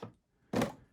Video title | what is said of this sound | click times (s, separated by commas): Masters Of The Universe Castle Grayskull Unboxing ,& Review !!! | yeah and then it just pops into place so that's pretty rad man | 0.0 s